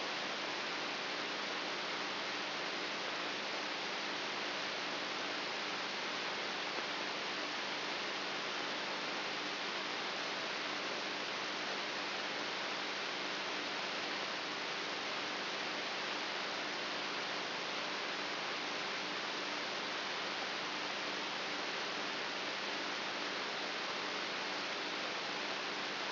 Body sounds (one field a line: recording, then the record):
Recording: brain microelectrode recording played as sound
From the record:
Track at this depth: inside the subthalamic nucleus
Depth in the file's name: 4.44 mm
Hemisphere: right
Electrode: 3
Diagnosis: Parkinson's disease